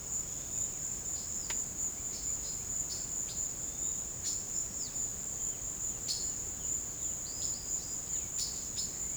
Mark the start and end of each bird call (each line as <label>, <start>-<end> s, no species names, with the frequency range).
bird call (2.6-6.3 kHz), 1.06-5.08 s
bird call (3.1-5.8 kHz), 5.92-9.17 s